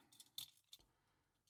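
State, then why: Partly seated. A movable plastic part on the body of a new toy aircraft is positioned by hand, with light plastic rattling and clinking around it. A sharp click at 0.4 s marks the part weakly and partially locking into place, a loose catch rather than a firm lock.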